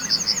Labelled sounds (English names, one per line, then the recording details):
Yellowhammer song
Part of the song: start
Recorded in the Czech Republic on 11 June 2012
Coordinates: 49.111, 15.156
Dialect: MixB
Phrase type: B10
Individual 299706